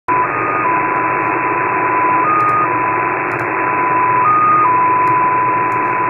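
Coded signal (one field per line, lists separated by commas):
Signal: numbers station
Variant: XPA2 MFSK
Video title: XPA2 7684kHz 16:20 UTC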